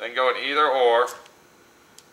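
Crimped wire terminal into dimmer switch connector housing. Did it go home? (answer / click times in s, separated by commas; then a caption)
yes / 2.0 s. Someone talks, then a crimped wire terminal from a harness kit is slid into a cavity of a plastic dimmer-switch connector housing. A single short, sharp tick is heard at 1.9 seconds as the terminal snaps into place and seats.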